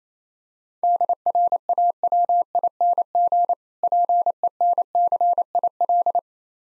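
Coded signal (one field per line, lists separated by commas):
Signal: Morse code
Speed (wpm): 29 wpm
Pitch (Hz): 700 Hz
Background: none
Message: DRAWING PENCIL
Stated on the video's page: Morse practice set for speed-racing difficult words at 28 wpm, with contextual hints.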